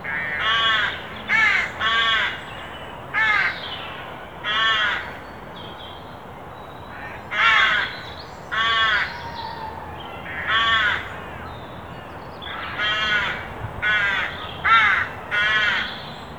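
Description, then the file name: Carrion crow giving harsh, hoarse caws, mostly in pairs and short bursts at irregular intervals throughout, with faint other bird notes between. "Corvus corone"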